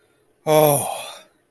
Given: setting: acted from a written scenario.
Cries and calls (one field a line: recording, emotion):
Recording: vocal sound without words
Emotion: relief